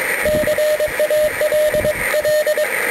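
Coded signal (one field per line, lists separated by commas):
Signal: Morse code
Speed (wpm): 22 wpm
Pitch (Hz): 610 Hz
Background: radio noise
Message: CALL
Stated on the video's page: Morse on 10 metres from a beach, using a home-made bi-square wire antenna through an antenna coupler; mostly DX contacts, not all reports Q5.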